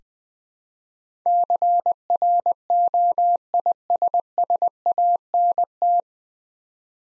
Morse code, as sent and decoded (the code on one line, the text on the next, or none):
-.-. .-. --- .. ... ... .- -. -
CROISSANT